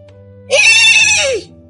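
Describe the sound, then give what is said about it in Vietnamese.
A frightened horse lets out a loud, shrill whinny lasting about a second, its pitch rising sharply then falling away, over a low steady hum. “Thất ngựa lúc này kêu vang lên sợ hãi”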